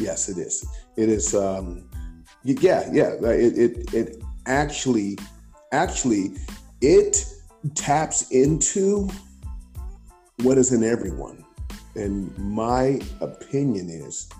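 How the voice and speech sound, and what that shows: A man with a lifelong stutter speaks with several repeated words and phrases, such as "it is, it is" and "actually, actually", a quick repeated syllable, some drawn-out sounds and short pauses. These disfluencies fit a mild adult stutter that is easy to miss in otherwise fluent speech but can be heard on close listening.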